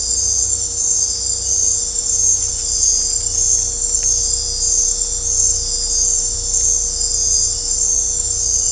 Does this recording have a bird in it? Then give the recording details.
no. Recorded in dense forest near Puerto Asís, Putumayo, Colombia, on 16 December 2024 at 19:00. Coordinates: 0.503, -76.323. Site G043